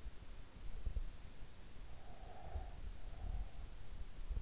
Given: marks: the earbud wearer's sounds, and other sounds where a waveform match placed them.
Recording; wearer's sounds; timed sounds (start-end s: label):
sounds in sleep by an in-ear microphone; breath
2.02-3.92 s: breath